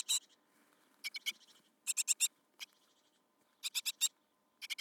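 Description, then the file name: Great tit dry chattering calls, quick bursts of a few harsh notes with short pauses between them. "Parus major"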